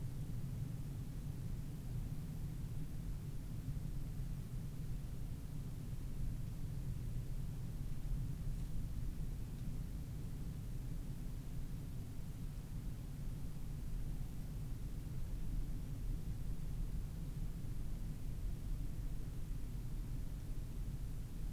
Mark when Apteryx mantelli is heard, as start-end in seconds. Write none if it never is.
none